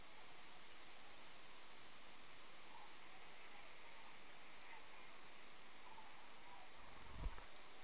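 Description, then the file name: European robin uttering brief, very high, thin ticking notes spaced a few seconds apart, one softer in between, with a low dull knock near the end over light background hiss. "Erithacus rubecula"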